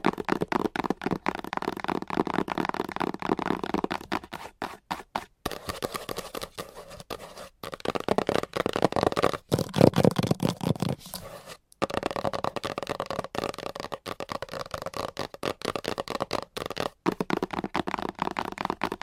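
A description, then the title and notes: Fast, aggressive scratching and tapping with long nails, heard as a dense run of sharp crackling clicks. The rapid taps come in quick bursts with brief pauses near 5, 7.5 and 11.5 seconds, over a steady low rubbing scratch. No talking. ASMR Fast and Aggressive Scratching and Tapping with Long Nails - Asmr Pink Triggers - No Talking.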